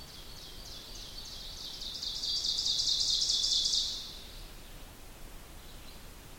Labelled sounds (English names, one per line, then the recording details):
Ovenbird song
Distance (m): 35 m
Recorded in boreal forest in Alberta, Canada, on 2 June 2016 at 06:24
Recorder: SongMeter 3, array SBT-3-7
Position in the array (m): 200 m, 64 m
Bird 6